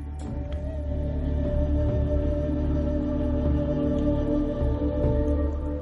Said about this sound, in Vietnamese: Giống một tiếng, ma gấu phát ra một trận gầm thét.